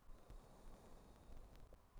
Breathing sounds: one breath near a microphone; exhalation

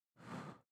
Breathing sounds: one breath near a microphone; exhalation

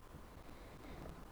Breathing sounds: one breath near a microphone; inhalation

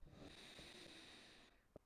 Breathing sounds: one breath near a microphone; inhalation

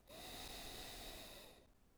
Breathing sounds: one breath near a microphone; exhalation

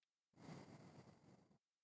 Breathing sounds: one breath near a microphone; exhalation

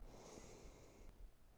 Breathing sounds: one breath near a microphone; inhalation

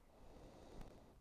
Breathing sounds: one breath near a microphone; inhalation

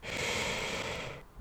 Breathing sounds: one breath near a microphone; inhalation

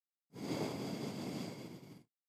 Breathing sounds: one breath near a microphone; exhalation

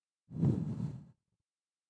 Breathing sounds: one breath near a microphone; exhalation

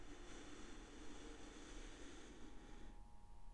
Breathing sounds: one breath near a microphone; inhalation

